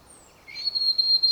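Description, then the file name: European robin producing a thin, high whistle that rises into a long, steady, piercing note held for most of the second. "Erithacus rubecula"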